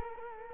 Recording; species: mosquito wingbeat signal from an infrared sensor; Culex quinquefasciatus